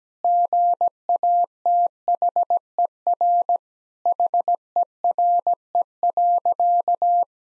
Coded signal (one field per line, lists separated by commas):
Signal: Morse code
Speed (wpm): 17 wpm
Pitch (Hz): 700 Hz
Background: none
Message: GATHER HERE.